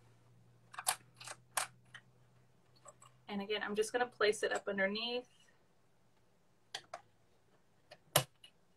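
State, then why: Seated. A decorative-stitch presser foot is placed up underneath the presser foot holder of a Quantum Stylist 9960 sewing machine, with light handling clicks and taps early on while someone talks. The foot snaps on with a sharp click at 8.2 seconds and is seated in the holder.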